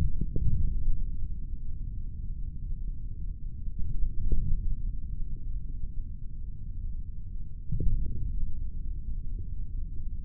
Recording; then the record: forearm muscle sounds (acoustic myography)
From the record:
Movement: forearm supination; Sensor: system 3, bracelet of six PUI Audio POM-2738L microphones around the upper forearm, with dedicated amplification and filtering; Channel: 1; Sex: male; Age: 25 years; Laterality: right